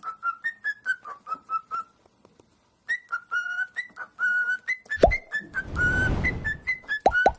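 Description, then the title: Cockatiel whistling a run of short melodic notes, pausing, then resuming. A loud, broad crash of noise cuts in midway, with sharp clicks near the end. Several cockatiels singing and whistling. "Calopsitas Cantando Assobio"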